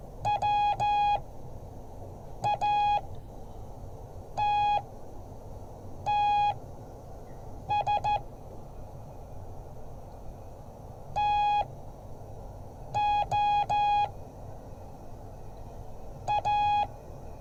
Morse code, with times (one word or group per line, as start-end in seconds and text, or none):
0.3-8.2 WATTS
11.2-14.0 TO
16.3-16.8 A